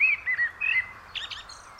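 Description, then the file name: Eurasian blackbird song fragment: a few clear fluted notes followed by a brief squeaky, scratchy twitter. "Turdus merula"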